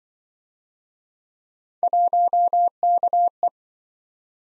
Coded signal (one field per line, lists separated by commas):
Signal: Morse code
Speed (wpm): 26 wpm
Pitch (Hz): 700 Hz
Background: none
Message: 1KE